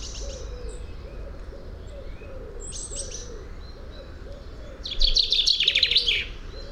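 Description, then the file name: Common chaffinch song: a loud, dense, rattling trill of about a second near the end, over repeated low coos, with a few scattered high chirps earlier. "Fringilla coelebs"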